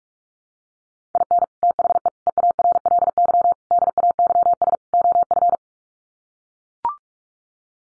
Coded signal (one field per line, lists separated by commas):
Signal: Morse code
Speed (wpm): 44 wpm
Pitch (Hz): 700 Hz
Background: none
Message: IN THE EARLY DAYS OF